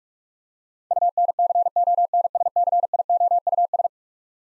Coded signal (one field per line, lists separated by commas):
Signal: Morse code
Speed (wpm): 46 wpm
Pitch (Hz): 700 Hz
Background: none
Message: UNCONSCIOUS